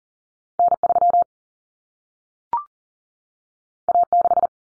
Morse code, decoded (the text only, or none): N3 A6